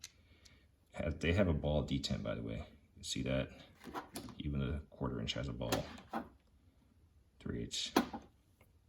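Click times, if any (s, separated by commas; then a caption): none. A K-D socket cap with a ball detent is handled near a ratchet's square drive anvil while someone talks; the set includes quarter-inch, three-eighths and half-inch versions. Two faint ticks occur near the start, then mostly speech follows. Nothing has seated or clicked onto the anvil yet.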